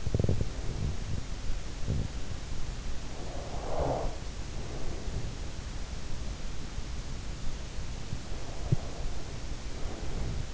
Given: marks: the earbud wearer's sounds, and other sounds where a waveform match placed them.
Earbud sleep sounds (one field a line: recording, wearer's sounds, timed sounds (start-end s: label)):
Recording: sounds in sleep by an in-ear microphone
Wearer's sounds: teeth grinding, breath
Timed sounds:
0.00-2.30 s: teeth grinding
2.83-5.29 s: breath
7.92-10.54 s: breath